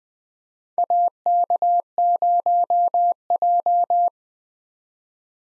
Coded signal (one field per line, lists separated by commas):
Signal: Morse code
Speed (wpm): 21 wpm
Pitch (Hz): 700 Hz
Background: none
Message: AK0J